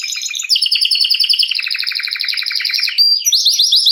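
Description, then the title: Belgian canary delivering a loud, rapid trilled song of repeated chirps, shifting into new rolls and ending with quick sweeping notes. Male Belgian canary singing a lot, to warm up a young bird. "Esquente Seu Filhote E Canario Belga Em 30 Minutos Macho Cantando Muito"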